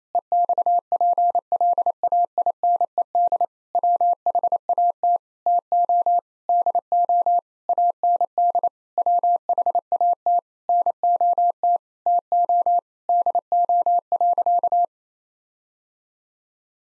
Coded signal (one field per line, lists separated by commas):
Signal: Morse code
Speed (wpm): 28 wpm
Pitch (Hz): 700 Hz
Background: none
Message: EXPLAINED WHAT TO DO AND WHAT NOT TO DO.